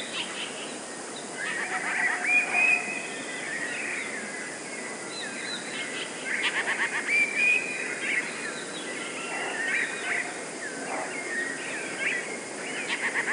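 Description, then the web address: Eurasian blue tit song: high sharp whistles and stuttering trill bursts repeated over several seconds. "wroblowe teka spiew. modraszkoteka"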